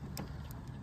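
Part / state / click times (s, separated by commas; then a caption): EV charging plug into vehicle charge port / not seated / none. A J1772 EV charging plug is handled and lined up by its slot and top clip at a car's charge port, ready to slide in. Two brief handling ticks come at about 0.2 and 0.5 seconds over a steady low rumble. Nothing has seated or clicked yet.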